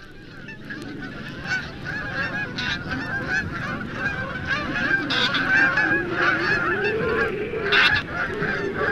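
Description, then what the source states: Canada Goose flight calls, a flock honking in loose overlapping bursts, some louder calls near the end, over a steady low background rumble. Several call types from a flying flock.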